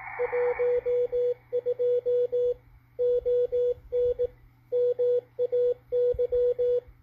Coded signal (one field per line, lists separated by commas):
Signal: Morse code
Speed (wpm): 19 wpm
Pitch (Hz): 490 Hz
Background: radio noise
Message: 12 ON MAY